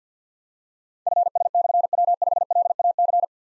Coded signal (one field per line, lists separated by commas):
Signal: Morse code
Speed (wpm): 51 wpm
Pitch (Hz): 700 Hz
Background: none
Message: FS/W5LAC